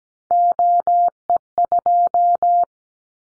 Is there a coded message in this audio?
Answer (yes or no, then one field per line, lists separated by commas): yes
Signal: Morse code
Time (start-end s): 0.3-2.6 s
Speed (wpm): 17 wpm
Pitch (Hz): 700 Hz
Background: none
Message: OE2